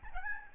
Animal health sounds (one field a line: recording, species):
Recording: mosquito wingbeat signal from an infrared sensor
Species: Aedes albopictus